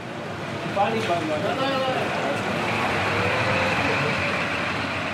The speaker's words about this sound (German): Ein Bus nach Serbien fährt soeben los. Der Breslauer Platz bietet nur 2 Bussteige für den Überlandverkehr.